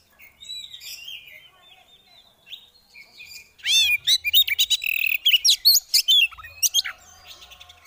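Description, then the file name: Oriental magpie-robin: soft bird notes, then an Oriental magpie-robin launches into fast, harsh, repeated chattering notes with high squeaks for around three seconds. Female bird; 'ngeriwik' and 'ngeplong' calling styles; bird therapy audio. "Terapi Suara Burung Kacer Betina Ngeriwik Ngeplong"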